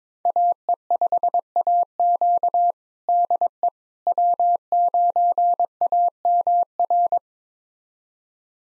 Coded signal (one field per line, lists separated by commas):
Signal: Morse code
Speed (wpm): 22 wpm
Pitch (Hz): 700 Hz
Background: none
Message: AE5AQ DE W9AMR